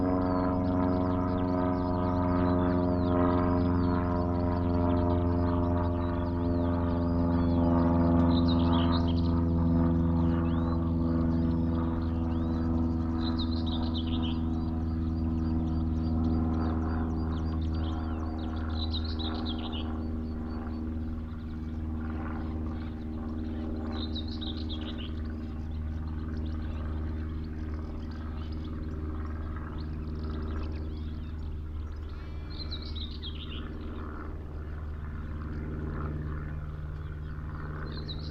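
Open marshland on a May afternoon, carried by a steady low droning hum with a layered, organ-like tone that barely changes for the whole stretch. Above it, bright bird chirps and short warbling phrases break in every several seconds.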